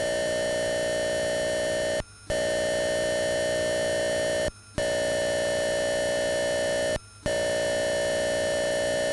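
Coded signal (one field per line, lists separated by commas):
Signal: computer data on cassette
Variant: Atari 8-bit cassette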